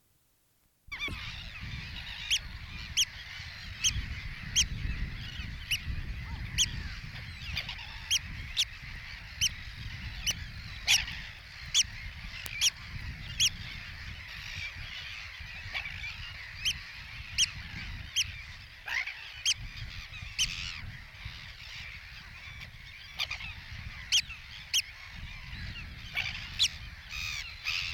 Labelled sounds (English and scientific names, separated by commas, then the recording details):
Sandwich Tern (Thalasseus sandvicensis) call
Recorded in the wild
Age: pullus
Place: Langenwerder, Mecklenburg-Vorpommern, DE
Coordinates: 54.027, 11.493
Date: 1969-06-07
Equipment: Nagra III BH, Sennheiser MD 421
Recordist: Schubert, Michael